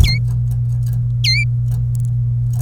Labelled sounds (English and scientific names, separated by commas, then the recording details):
Domestic Canary (Serinus canaria) song
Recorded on 26 April 2018 at 14:18
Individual llb3